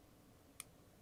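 A small retaining screw for an M.2 SSD is turned backwards one turn on the standoff of a Sabrent NVMe M.2 SSD to PCIe x16/x8/x4 adapter card, so the thread start drops into place before driving, to avoid cross-threading. Over a quiet low hum, a single short, sharp click is heard at 0.6 s as the thread snaps in and seats.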